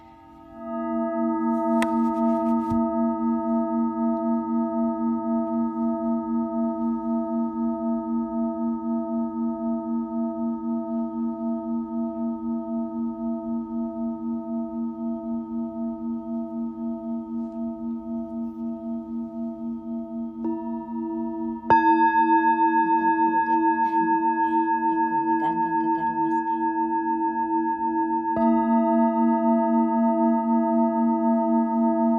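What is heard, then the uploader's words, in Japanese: A singing bowl hums with a steady, shimmering low tone, struck again near twenty-two seconds with a brighter ring and brief scraping sounds. メキシコからお届け。Singing Bowl のサウンドヒーリング。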